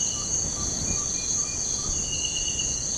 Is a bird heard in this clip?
yes